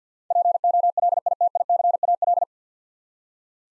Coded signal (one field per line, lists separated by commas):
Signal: Morse code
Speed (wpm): 50 wpm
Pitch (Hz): 700 Hz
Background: none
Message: POLITICAL